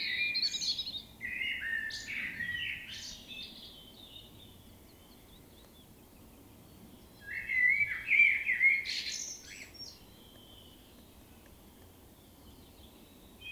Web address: SETE data Turdus merula